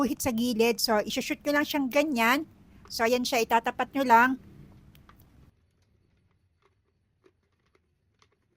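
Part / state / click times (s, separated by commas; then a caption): vacuum cleaner attachment going onto the vacuum body / not seated / none. Someone talks while sliding a plastic attachment by hand and lining it up on a Deerma vacuum cleaner body, ready to hook it on. After the talking, faint short ticks come at about 5.0, 5.1 and 5.2 seconds, then a few quieter ones up to 8.2 seconds. Nothing has locked or clicked into place yet.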